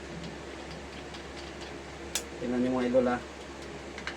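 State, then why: Seated. Someone talks as a phone or mount is locked into a tripod phone holder's head lock. Two quick ticks are heard at 4.0 s and 4.1 s, and the lock then holds it in place so it won't fall off.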